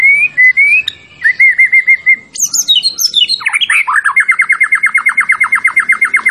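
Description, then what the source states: White-rumped shama song: clear whistled notes repeated, a tumbling descending flourish, then a fast even series of chip notes. Champion bird; recording used for song training (masteran).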